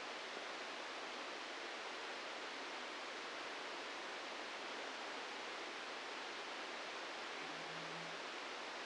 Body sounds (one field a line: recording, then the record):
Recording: brain microelectrode recording played as sound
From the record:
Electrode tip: outside the subthalamic nucleus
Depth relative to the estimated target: 4 mm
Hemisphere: right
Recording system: NeuroSet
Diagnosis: Parkinson's disease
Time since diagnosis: 7 years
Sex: male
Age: 44 years